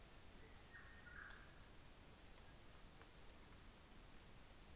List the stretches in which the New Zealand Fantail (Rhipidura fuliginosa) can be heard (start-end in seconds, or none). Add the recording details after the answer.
0.53-3.45. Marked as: faintness 5/5. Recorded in New Zealand on 24 December 2018. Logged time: 11:00